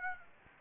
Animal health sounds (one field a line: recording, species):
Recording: mosquito wingbeat signal from an infrared sensor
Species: Aedes aegypti